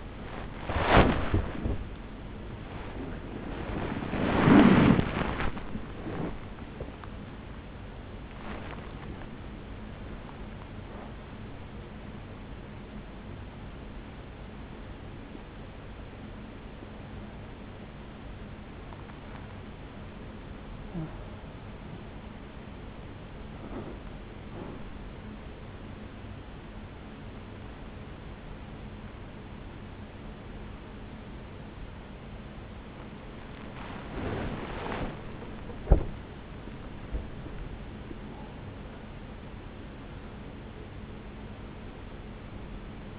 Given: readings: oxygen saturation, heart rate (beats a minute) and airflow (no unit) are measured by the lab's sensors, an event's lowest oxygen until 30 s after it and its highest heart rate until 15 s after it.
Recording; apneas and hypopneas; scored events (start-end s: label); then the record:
a person awake in a sleep study, by a voice recorder at the bedside; none
0.00-43.19 s: awake
From the record:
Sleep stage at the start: awake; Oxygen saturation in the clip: 95 to 98%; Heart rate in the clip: 66 to 80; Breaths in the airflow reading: 9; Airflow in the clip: -4.6 to 3.1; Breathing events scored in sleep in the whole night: 449 in 7.0 hours asleep